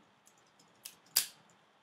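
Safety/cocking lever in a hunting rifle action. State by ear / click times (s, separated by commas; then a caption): seated / 0.9 s, 1.2 s. The safety/cocking lever in a hunting rifle action is worked by hand while making the rifle safe with the three-finger method. After a few faint ticks, two sharp clicks come at 0.9 s and 1.2 s, the second louder and brighter. The mechanism clicks into position with a clear double click, unlike an earlier attempt where no double click was heard.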